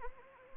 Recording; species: mosquito wingbeat signal from an infrared sensor; Anopheles arabiensis